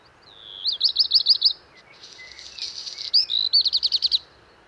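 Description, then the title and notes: Black redstart song: rapid repeated whistled notes, then a crackling scratchy section, then another fast buzzy note series. Singing from top of a large lime tree, early morning, 19 March 2019, Val Maravel, Drôme, France; first of season; crumpled song; Wildtronic parabola, two MKH8020, MixPre-3. "Val Maravel - Drôme. chant du Rouge-queue noir"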